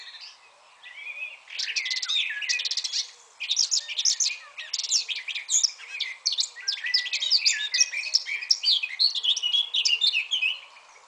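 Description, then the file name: Eurasian blackcap song: a long, dense run of rich, fast warbling notes with scratchy and whistled elements, continuing almost unbroken. "Sylvia atricapilla"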